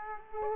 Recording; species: mosquito wingbeat signal from an infrared sensor; Aedes aegypti